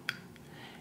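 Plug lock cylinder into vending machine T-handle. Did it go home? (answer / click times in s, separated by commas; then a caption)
no / none. A plug lock cylinder's deadbolt is lined up with the hole in a vending machine's metal T-handle and pushed in, giving a sharp tap at about 0.1 s and a fainter one near 0.4 s over a low background hum. The lock is misaligned and does not seat, so nothing has seated or clicked yet.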